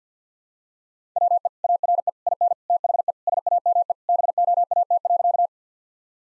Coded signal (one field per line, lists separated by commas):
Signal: Morse code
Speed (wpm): 50 wpm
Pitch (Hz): 700 Hz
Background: none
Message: WE ARE IN THE SAME BOAT.